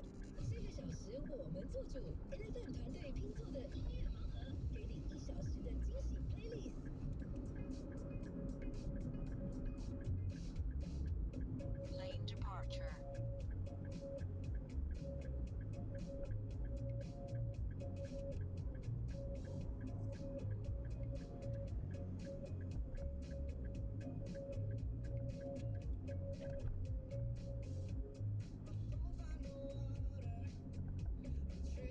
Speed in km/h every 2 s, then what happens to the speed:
52, 53, 54, 55, 57, 58, 53, 54, 50, 50, 50, 51, 49, 53, 54, 51.
0-10 speeds up to 58. 10-16 slows to 50. 16-32 steady at about 50.